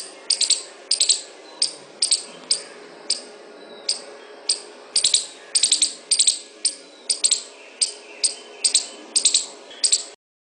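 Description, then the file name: Squirrel chatter: a long run of crisp clicking bursts, some single, some in quick clusters, repeated about twice each second for ten seconds. "suara bajing. omkicau"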